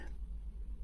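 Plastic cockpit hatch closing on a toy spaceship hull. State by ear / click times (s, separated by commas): not seated / none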